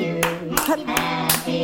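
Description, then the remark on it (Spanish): Several sharp hand claps for a birthday greeting ring out at a steady, unhurried rhythm, four or five in under two seconds, over a low continuous hum with a faint voice-like tone between claps. “¡Feliz cumpleaños, nos manita! Aplaude.”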